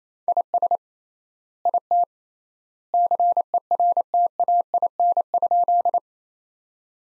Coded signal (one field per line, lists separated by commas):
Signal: Morse code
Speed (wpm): 28 wpm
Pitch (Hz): 700 Hz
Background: none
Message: IS IT CERTAIN?